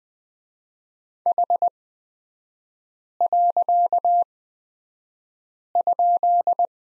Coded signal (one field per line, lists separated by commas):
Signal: Morse code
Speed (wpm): 20 wpm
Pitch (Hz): 700 Hz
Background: none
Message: H.?